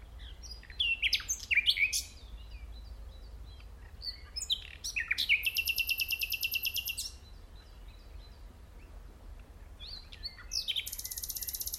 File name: Luscinia megarhynchos